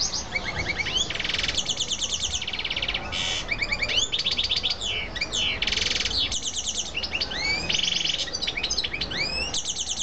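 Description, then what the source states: Canary song, continuous and varied: fast rolled trills, rising and falling whistled sweeps and buzzy tours alternating every second or so, over a faint low hum. Female.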